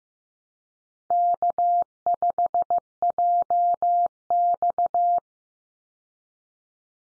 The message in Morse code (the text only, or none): K5JX